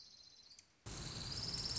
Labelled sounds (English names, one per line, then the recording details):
Orange-crowned Warbler
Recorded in Sonoma County, California